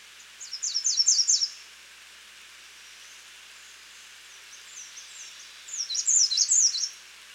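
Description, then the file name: American redstart singing two high, tinkling phrases of rapid repeated notes, one at the start and one near the end, with faint softer notes in between. "Setophaga ruticilla - American Redstart"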